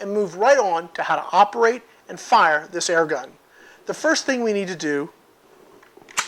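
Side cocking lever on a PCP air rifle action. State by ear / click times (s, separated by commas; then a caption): seated / 6.2 s. Someone talks, then the side cocking lever on the action of a Hatsan ATP2 Tactical Carbine PCP airgun is opened with a few small mechanical clicks. It clicks into its open position at 6.2 s.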